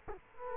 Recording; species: mosquito wingbeat signal from an infrared sensor; Culex quinquefasciatus